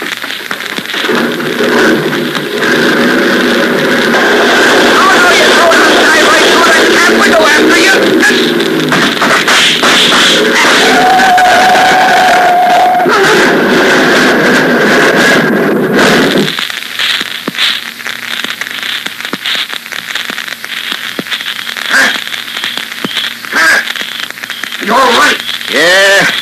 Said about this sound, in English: Well, I had to crash the truck into that ditch to keep it from smashing into you.